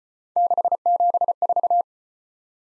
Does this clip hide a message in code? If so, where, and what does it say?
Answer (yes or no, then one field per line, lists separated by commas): yes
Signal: Morse code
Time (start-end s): 0.4-1.8 s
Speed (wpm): 32 wpm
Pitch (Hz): 700 Hz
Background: none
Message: 674